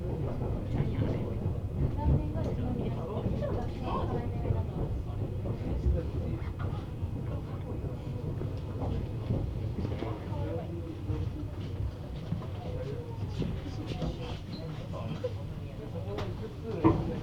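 A ride aboard a Meitetsu Bisai Line train, with a steady, dense low rumble from the running carriage throughout. Faint voices drift in and out over the noise, and scattered clicks and rattles punctuate it, with a brief louder knock near the end.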